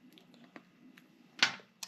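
A wire connector is plugged into a Cardo Packtalk Edge helmet intercom unit after its wires are routed out of the way. Soft rustling and a small tick at 0.6 s lead up to a loud, sharp click at 1.4 s, followed by a brief, quieter snap near 1.8 s. The connector clicks in and seats at 1.4 s, and it is connected.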